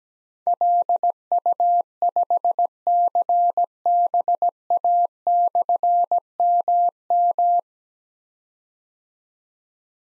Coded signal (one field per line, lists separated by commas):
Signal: Morse code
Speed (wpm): 17 wpm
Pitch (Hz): 700 Hz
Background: none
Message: LU5CBA/MM